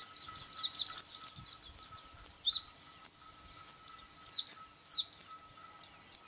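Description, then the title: White-eye song: a fast, steady series of high, sharp downslurred chirps over a faint steady hum. "Pleci"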